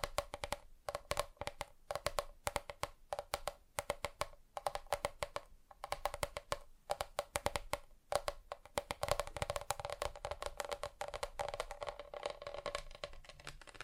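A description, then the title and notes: Fingers tap quickly and irregularly on hard surfaces, sharp clicks coming in dense bursts with brief gaps, around one to three hits per half second. The taps have a bright, woody ring, and after about nine seconds they blur into a busier, softer patter. ASMR Just Tapping (Different Surfaces No Talking).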